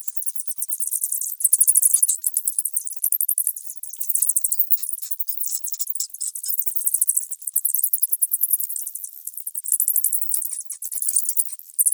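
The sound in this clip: Bats chattering in dense, repeated bursts of shrill, high squeaks and clicks throughout.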